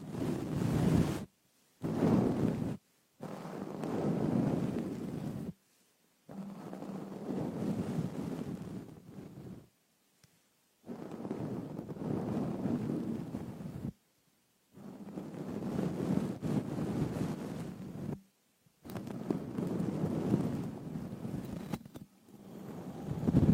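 Ear picking with a frosted bath ball: dense, rumbling scratches and rubbing against the microphone, heavy in the lows with a gritty hiss on top. Strokes come in bursts of a few seconds, cut by abrupt silent gaps roughly every three to four seconds.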